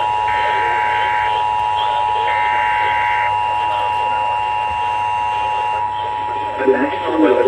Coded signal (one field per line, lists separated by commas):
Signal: Emergency Alert System (SAME) tones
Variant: 853 and 960 Hz attention tone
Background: speech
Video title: SVR #12 on 8 stations and #13 on 10 (7/28/23) EAS 1972-1990